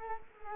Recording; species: mosquito wingbeat signal from an infrared sensor; Culex quinquefasciatus